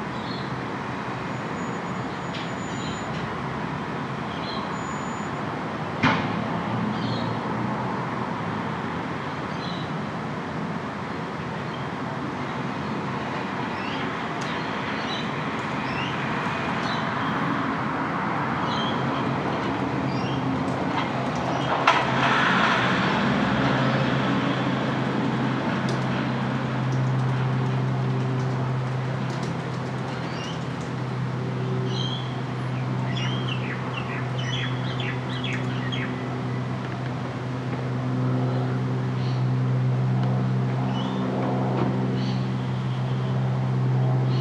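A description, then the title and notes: A front room holds a steady murmur of road traffic drifting in from the yard outside. A sharp knock lands near six seconds, and a low engine-like drone settles in from about halfway onward. A few quick bird chirps flicker through near the end. Flemington, Victoria. Her front room accompanied by the sounds of her front yard.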